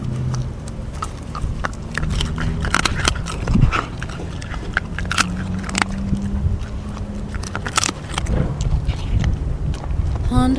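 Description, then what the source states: Dog gnawing and chewing on bones, with irregular crunching clicks and scraping sounds throughout. Mongrel dog, feeding, gnawing bones.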